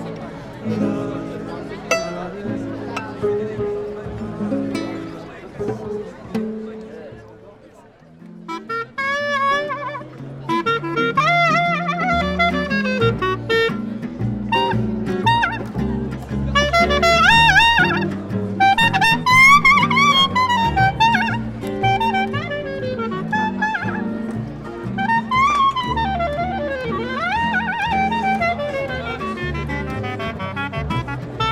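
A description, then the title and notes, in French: A Nuit Debout gathering at Place du Bouffay in Nantes: voices carry on over a steady crowd murmur. After a brief lull around eight seconds, rising and falling sung or chanted lines take over and stay lively through the end. Nuit Debout à Nantes Place du Bouffay.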